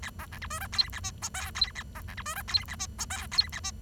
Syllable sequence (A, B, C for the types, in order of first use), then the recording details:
A B C D E F G A H I J G A B C D E F G A H I J G A H. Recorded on 23 June 2012 at 11:07. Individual gr41rd51